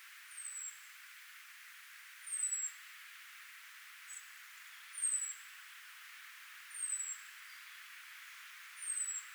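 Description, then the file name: European robin repeating a thin, high, down-slurred call about every two seconds, with one faint extra short note in between. "Erithacus rubecula"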